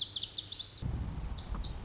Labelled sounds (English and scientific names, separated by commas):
Lazuli Bunting (Passerina amoena)